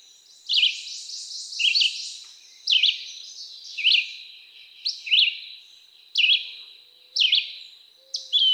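Red-eyed Vireo song, brief dropping and rising whistled phrases repeated about once a second, steady and persistent, with a soft faint hiss behind.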